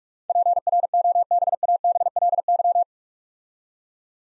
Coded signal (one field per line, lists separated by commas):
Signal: Morse code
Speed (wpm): 44 wpm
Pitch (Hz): 700 Hz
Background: none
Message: PROBABLY